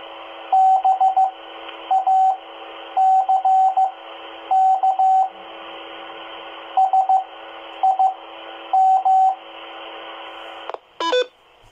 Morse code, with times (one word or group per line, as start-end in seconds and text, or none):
0.5-5.3 BACK
6.8-9.3 SIM